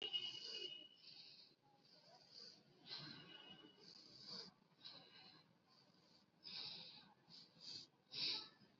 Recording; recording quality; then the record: deep breathing; moderate, slight background noise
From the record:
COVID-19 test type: RT-PCR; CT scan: not taken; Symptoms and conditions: none ticked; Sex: female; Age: 18 years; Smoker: no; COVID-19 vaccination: both doses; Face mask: worn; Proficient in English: yes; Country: India